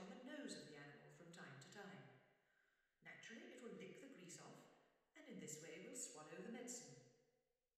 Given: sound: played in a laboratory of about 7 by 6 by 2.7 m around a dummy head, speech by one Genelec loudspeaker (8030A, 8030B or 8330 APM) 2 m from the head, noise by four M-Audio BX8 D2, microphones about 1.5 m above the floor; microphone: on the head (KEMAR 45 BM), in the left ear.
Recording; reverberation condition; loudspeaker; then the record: female speech in English; high; 120 degrees to the left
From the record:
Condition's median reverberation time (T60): about 1300 ms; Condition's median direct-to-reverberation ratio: about -4.0 dB